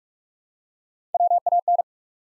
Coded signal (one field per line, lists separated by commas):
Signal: Morse code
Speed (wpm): 44 wpm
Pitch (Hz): 700 Hz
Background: none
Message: WAN